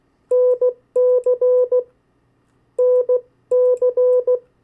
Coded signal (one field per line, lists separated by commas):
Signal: Morse code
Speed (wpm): 16 wpm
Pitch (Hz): 500 Hz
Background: none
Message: NC NC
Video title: 50 State Abbreviations, Variable speeds, in CW Video #3